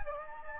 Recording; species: mosquito wingbeat signal from an infrared sensor; Anopheles gambiae